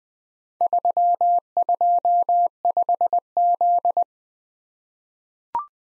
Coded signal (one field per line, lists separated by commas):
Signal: Morse code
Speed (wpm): 20 wpm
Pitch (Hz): 700 Hz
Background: none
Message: 325Z